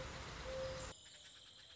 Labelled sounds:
Mourning Dove

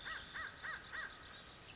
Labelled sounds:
American Crow

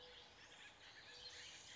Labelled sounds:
Acorn Woodpecker

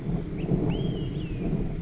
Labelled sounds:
Olive-sided Flycatcher

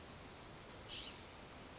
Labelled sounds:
California Scrub-Jay

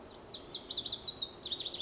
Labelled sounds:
Lazuli Bunting

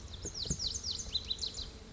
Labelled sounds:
Lazuli Bunting

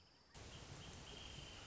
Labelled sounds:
Wrentit

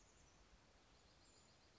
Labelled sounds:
Chestnut-backed Chickadee

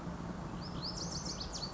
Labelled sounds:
Lazuli Bunting

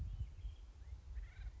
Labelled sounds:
Acorn Woodpecker

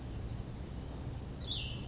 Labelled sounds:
Cassin's Vireo

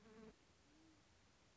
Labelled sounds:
Band-tailed Pigeon

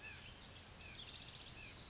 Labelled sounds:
Oak Titmouse

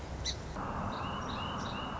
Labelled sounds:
Song Sparrow

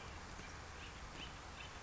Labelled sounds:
Acorn Woodpecker

